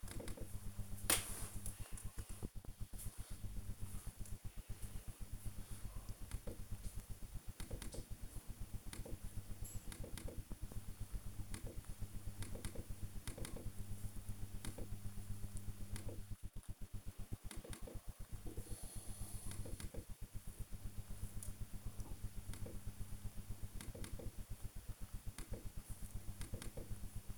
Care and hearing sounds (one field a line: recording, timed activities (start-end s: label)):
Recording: household activities, microphone on the right wrist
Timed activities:
0.00-27.38 s: working on the computer